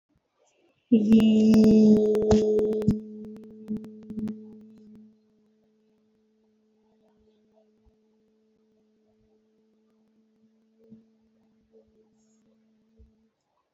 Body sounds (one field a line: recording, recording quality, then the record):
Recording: sustained vowel as in beet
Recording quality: excellent, no background noise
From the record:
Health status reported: COVID-19 positive, mild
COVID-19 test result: positive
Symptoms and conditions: cough, fatigue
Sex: female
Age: 37 years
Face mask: worn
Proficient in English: yes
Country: India